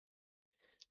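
After half a second of silence, soft scraping and rustling begin as a stubborn internal connector is pushed again into a Nintendo Switch game console board, following an earlier false click. A sharp, bright click at 0.8 s marks the connector seating, and it is confirmed in.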